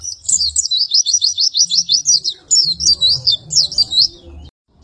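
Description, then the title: White-eye song, a steady train of rapid high chirpy notes for about four seconds, then stopping abruptly; faint low hum beneath. "Pleci"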